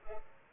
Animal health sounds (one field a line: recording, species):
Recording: mosquito wingbeat signal from an infrared sensor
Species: Culex pipiens